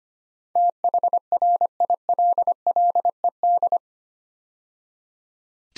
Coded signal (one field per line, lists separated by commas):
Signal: Morse code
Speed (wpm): 25 wpm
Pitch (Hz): 700 Hz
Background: none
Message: THRILLED